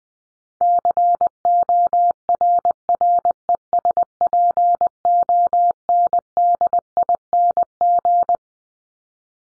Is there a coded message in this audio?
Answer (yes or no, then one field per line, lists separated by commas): yes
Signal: Morse code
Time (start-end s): 0.6-8.4 s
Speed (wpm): 20 wpm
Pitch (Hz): 700 Hz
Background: none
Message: CORRESPONDING